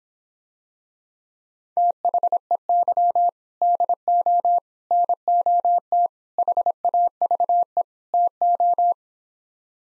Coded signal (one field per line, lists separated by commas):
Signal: Morse code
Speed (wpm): 26 wpm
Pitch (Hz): 700 Hz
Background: none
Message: THEY DO NOT HAVE TO